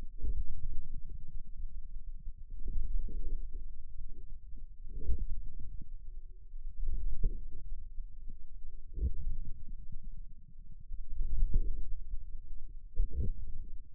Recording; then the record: forearm muscle sounds (acoustic myography)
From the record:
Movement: inward rotation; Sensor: system 2, bracelet of six BSWA MPA416 microphones around the upper forearm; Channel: 6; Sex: male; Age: 22 years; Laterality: right